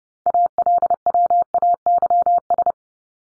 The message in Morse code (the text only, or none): ALWAYS